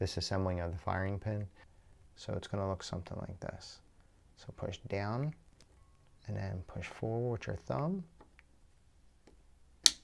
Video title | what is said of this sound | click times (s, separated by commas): How to replace your Support sleeve for the VP9 | just like that and that's it you hear that click and it's installed | 9.9 s